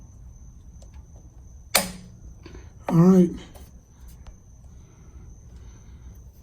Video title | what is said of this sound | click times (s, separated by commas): How to change the oil on a Porsche 911. | we just tightened it and when you hear the click it's done it's 39 foot-pounds and | 1.8 s